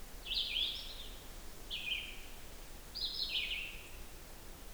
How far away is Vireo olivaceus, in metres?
about 20 m